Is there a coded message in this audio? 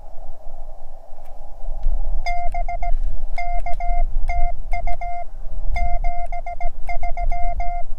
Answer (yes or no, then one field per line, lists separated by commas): yes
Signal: Morse code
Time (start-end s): 2.3-7.8 s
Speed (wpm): 18 wpm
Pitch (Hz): 690 Hz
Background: none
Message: BK TU 73